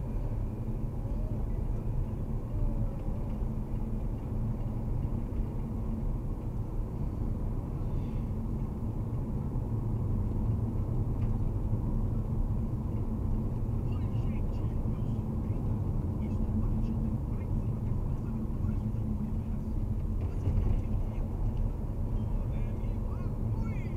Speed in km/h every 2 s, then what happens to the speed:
50, 53, 55, 55, 54, 53, 52, 52, 49, 44, 46, 50.
0-14 steady at about 53. 14-19 slows to 44. 19-24 speeds up to 50.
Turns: none.